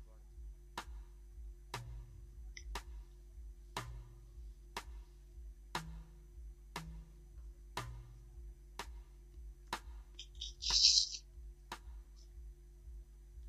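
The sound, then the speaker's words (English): Steady, evenly spaced taps from fingers drumming on a keyboard, about one sharp click per second over a low hum, with a brief brighter burst near the end. “I'm asking if you are playing on a drum on the pad.”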